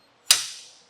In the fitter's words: it clicks into place here and that's going to save you a ton of space too it's going to be